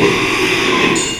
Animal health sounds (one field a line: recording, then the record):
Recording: squeal of a Yucatan mini pig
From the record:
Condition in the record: after surgery on the right vocal fold (resection and tissue-engineered implant)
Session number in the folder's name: 1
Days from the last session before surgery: 6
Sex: male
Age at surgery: 12 weeks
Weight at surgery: 13 kg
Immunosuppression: cyclosporine, prednisolone